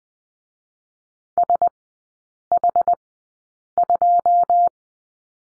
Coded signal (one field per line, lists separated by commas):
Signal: Morse code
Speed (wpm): 20 wpm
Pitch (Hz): 700 Hz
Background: none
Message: SH2